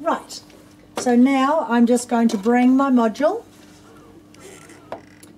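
Someone talks while a Bernina 7 series embroidery module is brought over and set on the bench before being slid into the sewing machine. Soft handling knocks and bumps follow near 4.9 s. The module has not seated or clicked into the machine yet.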